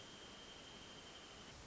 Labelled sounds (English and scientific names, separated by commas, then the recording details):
Wrentit (Chamaea fasciata)
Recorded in Sonoma County, California